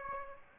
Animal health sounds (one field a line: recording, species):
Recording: mosquito wingbeat signal from an infrared sensor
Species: Aedes aegypti